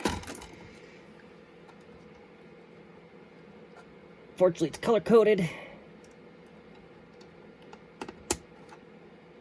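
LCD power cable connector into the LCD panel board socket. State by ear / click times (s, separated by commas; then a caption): seated / 8.3 s. A small colour-coded power cable connector is plugged back into its board socket on a Sharp LQ9D011 LCD panel during reassembly of a Compaq LTE 25C-series laptop display. Someone talks, then a few light handling clicks come just before a loud, sharp snap at 8.3 s as the connector seats.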